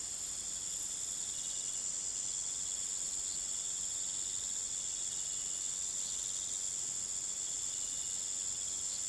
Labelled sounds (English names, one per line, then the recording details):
none
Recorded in pastures near Puerto Asís, Putumayo, Colombia, on 29 June 2025 at 18:30
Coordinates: 0.486, -76.323
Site H29